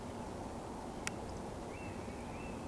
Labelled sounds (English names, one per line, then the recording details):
Eurasian Woodcock whistle
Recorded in Baden-Württemberg, Germany, on 12 June 2020 at 19:44 UTC
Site 14569, 102 m above sea level